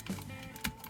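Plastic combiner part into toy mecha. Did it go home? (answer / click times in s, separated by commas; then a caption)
yes / 0.6 s. A plastic part of a combining toy robot is clipped into place on the mecha. A faint tap is heard near the start and another small sound around 0.6 seconds. Then a sharp click at 0.65 seconds marks the part seating.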